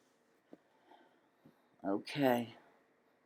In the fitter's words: that's the notch I need to hear to click.